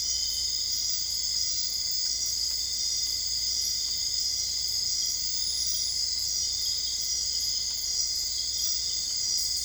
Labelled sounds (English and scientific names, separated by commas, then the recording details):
none
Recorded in dense forest near Puerto Asís, Putumayo, Colombia, on 22 December 2024 at 00:00
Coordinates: 0.485, -76.318
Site GP03